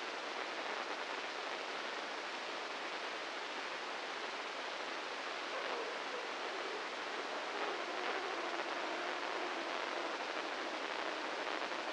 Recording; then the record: brain microelectrode recording played as sound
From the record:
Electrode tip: inside the subthalamic nucleus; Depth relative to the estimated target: -1 mm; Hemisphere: right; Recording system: NeuroSet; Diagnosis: Parkinson's disease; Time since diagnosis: 15 years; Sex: male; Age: 65 years